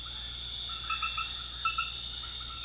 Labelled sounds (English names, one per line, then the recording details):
none
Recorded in pastures near Puerto Asís, Putumayo, Colombia, on 8 March 2025 at 22:30
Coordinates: 0.502, -76.324
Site GP07